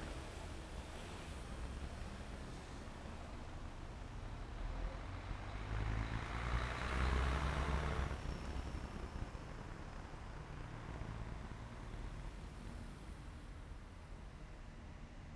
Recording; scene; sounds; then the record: everyday scene through a hearing-aid microphone; in traffic; traffic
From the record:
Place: main city hub, rush hour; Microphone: behind the ear, left, rear